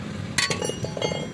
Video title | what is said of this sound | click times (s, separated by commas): FEATURES AND FAULT FULL EXPLAINED,HONDA DIO 6G SERVICE 1ST | lock हो गया अब wheel घूमेगा नहीं और आप इसे अच्छे से टाइट कर सकते हैं। | 0.4 s